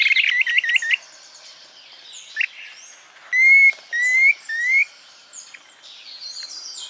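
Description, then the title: Planalto tyrannulet calls: a quick stuttered series of short notes, then a few rising whistled notes repeated about every half second, with other faint high chirps. Subspecies Phyllomyias fasciatus brevirostris. "LuckyPassaro Completos2Sama. Planalto Tyrannulet (Phyllomyias fasciatus brevirostris)"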